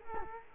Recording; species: mosquito wingbeat signal from an infrared sensor; Culex quinquefasciatus